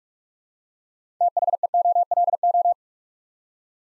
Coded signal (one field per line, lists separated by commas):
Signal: Morse code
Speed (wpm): 44 wpm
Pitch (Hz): 700 Hz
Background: none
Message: THEOLO